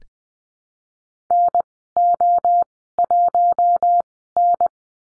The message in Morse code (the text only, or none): NO1N